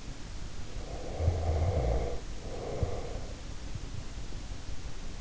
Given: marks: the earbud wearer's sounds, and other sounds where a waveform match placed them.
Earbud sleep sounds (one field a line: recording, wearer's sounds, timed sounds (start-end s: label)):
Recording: sounds in sleep by an in-ear microphone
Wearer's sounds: snoring breath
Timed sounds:
0.72-3.34 s: snoring breath